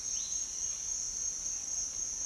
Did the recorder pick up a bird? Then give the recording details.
no. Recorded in dense forest near Puerto Asís, Putumayo, Colombia, on 4 March 2025 at 07:30. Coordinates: 0.500, -76.322. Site GP06